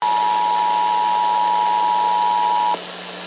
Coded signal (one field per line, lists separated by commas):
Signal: Emergency Alert System (SAME) tones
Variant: 853 and 960 Hz attention tone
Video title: EAS: Child Abduction Emergency (1/19/21)(EAS #558) with EASyCAST Relay